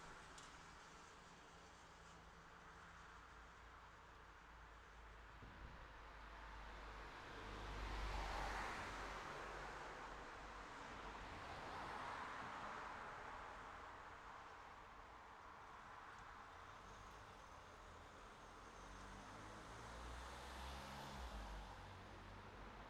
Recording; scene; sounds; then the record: everyday scene through a hearing-aid microphone; in traffic; traffic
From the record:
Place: city secondary road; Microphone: in the ear canal, left